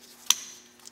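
A 3D printed plastic lid is pressed onto the 3D printed bottom half of a small OSD electronics board case. One sharp, bright snap rings out at 0.3 s, followed by a faint tick near 0.9 s. The lid snaps into place and is seated.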